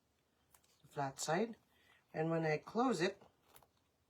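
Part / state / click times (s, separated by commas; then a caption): plastic zip tie closing through hanging holes in a wooden craft board / not seated / none. A plastic zip tie, threaded flat side up through the hanging holes of a wooden wreath board, is handled as it is about to be pulled closed while someone talks. A few faint ticks occur around the speech, but nothing has clicked or seated yet.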